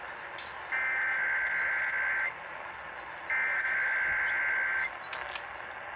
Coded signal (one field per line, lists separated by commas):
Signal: Emergency Alert System (SAME) tones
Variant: header bursts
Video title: (Hello 2021!)EAS Alerts from 1/3/21-1/13/21 EAS#420-427